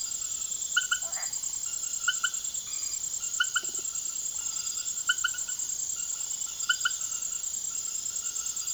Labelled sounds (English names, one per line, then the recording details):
none
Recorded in secondary vegetation near Puerto Asís, Putumayo, Colombia, on 19 June 2025 at 21:30
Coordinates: 0.489, -76.322
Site G021